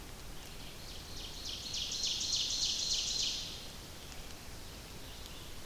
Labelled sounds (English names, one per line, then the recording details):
Ovenbird song
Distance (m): 65 m
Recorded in boreal forest in Alberta, Canada, on 28 May 2016 at 06:11
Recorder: SongMeter 3, array SBT-3-49
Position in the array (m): 84 m, 233 m
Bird 14